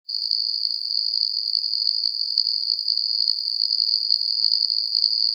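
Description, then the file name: Insect singing a steady, unbroken high-pitched tone, running evenly from start to finish with no other sounds. "insekt"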